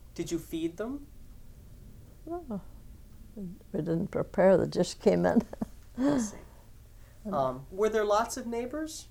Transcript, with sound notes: Did you feed them?
Well, we didn't prepare. They just came in. (she laughs)
I see. Were there lots of neighbors?